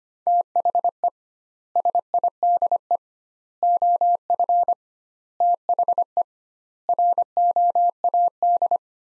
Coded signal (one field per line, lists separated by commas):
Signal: Morse code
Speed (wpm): 25 wpm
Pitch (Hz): 700 Hz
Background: none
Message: THE SIDE OF THE ROAD